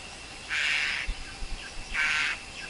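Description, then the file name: Black-collared Starling, two rasping, broad screechy notes about a second and a half apart, with faint low thuds between them. Wild forest bird's song, used for teaching young birds to sing. "Tieng chim ca cuong rung tap chim con hot"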